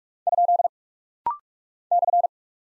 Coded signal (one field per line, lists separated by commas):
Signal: Morse code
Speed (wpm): 46 wpm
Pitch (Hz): 700 Hz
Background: none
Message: ? /